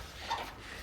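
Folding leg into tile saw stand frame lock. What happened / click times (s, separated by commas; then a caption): Handled, not yet home: the stand leg has not locked yet / none. The folding leg of a RUBI DCX-250 XPERT wet tile saw stand is handled as it is swung out toward its adjustable positive-engagement lock on the stand frame. A brief, faint rise of handling noise peaks around 0.3 seconds. Nothing has seated or clicked yet.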